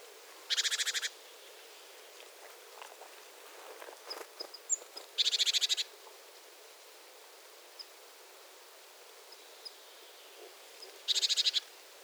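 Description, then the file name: Great tit call: harsh, buzzy churring rattles in three bursts about five to six seconds apart, with scattered faint ticking notes in between. "Parus major"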